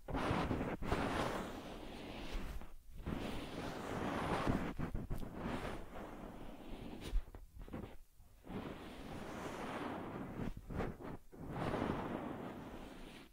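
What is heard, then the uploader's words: Close rubbing and brushing on a teddy bear's fur fill the recording with a dense, rustling hiss that swells and fades in long strokes. Short silent gaps break it near three, seven to eight, and eleven seconds, with a few sharp taps between strokes. Taking Care of Teddy Head Massage, Facial Cleansing, Fur Combing and Ear Cleaning.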